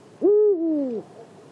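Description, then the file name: Eurasian eagle-owl giving a single deep hoot lasting under a second, a steady opening note that breaks and slides lower, over quiet background hiss. Recorded at Marianka, Slovakia, in 2012. "Bubo Bubo Marianka Slovakia 2012"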